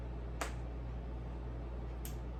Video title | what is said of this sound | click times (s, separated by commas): The Resurrected Life - Episode #12: The Lectric LCD Replacement | And it snaps right in. | 0.4 s